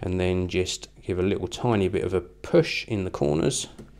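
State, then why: Not seated. An iPad 2 or 3 is offered up to a Uniea Rebelution StreetArt plastic back protector case, and its corners are being pushed to click it into place while someone talks throughout. Nothing has seated or clicked yet; the clip ends before the tablet goes home.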